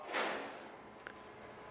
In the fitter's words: top will be lifted and locked into place as well